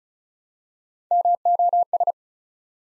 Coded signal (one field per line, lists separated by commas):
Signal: Morse code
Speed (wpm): 36 wpm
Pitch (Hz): 700 Hz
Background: none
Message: MOS